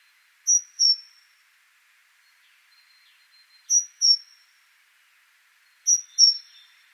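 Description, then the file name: Great tit calling in high, clear paired notes, three pairs about two to three seconds apart, with a faint hissing insect-like background. "Parus major"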